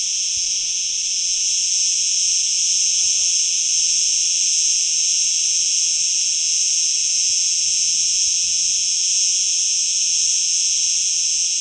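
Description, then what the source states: Cicadas buzzing in a steady, unbroken high-pitched drone that holds constant throughout with no pauses. Recorded at noon on 28 June 2006.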